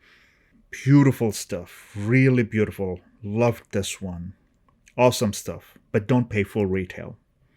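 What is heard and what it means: Someone talks while handling a Bharara Viking Dubai perfume bottle, putting its heavy cap back onto the bottle. The cap has not yet clicked into place, and nothing has seated by the end of the clip.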